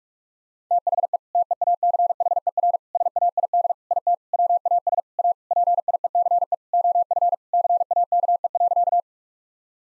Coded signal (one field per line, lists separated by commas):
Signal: Morse code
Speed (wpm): 46 wpm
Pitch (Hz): 700 Hz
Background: none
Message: THE TEACHER SAID IT WAS A PIECE OF CAKE.